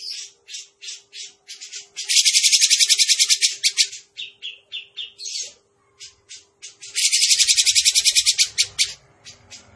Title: Cucak Jenggot Gacor. Masteran Cucak Jenggot Suara Ngebren Jernih